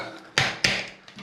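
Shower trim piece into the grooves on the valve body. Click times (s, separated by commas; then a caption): 0.4 s, 0.6 s. A Symmons shower trim piece is pressed onto the valve body and snaps into its grooves, giving two sharp, bright snaps at 0.4 s and 0.6 s. Two fainter, softer sounds follow near 1.1 s and 1.2 s. The trim piece is seated.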